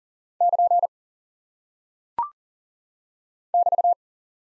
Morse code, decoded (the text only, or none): <KN> <BT>